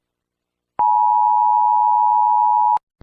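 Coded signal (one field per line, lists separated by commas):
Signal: Emergency Alert System (SAME) tones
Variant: 853 and 960 Hz attention tone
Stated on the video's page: Fictional EAS scenario crossover, simulated alert.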